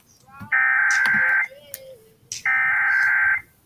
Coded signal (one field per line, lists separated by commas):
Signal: Emergency Alert System (SAME) tones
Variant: header bursts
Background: speech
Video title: Pennsylvania Required Monthly Test On KDKA-AM 1020 [EAS #522] 7/15/21